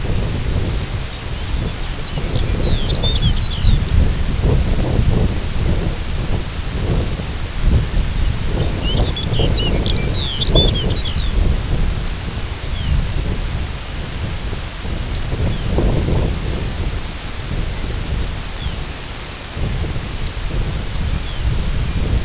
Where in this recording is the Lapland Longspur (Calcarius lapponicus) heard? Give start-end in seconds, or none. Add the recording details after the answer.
0.88-3.81, 8.51-11.41, 12.66-12.97, 14.78-14.98, 15.45-15.70, 18.52-18.84, 20.30-20.48, 21.16-21.55. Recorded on Arctic tundra, site IGLO-F, on 19 June 2018. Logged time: 06:00